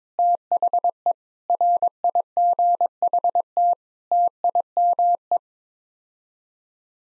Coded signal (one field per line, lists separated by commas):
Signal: Morse code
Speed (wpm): 21 wpm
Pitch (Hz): 700 Hz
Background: none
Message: THE RIGHT TIME